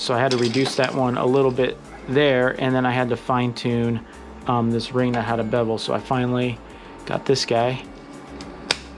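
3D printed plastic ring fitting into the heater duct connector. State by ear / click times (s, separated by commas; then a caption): seated / 8.7 s. A reworked 3D printed plastic ring with a beveled edge, part of the heater's hot-air ducting, is pressed into its mating duct connector while someone talks. A sharp snap at 8.7 s shows it seating into place, and it can then pivot.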